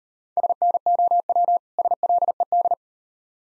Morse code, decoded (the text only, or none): SNOW SLED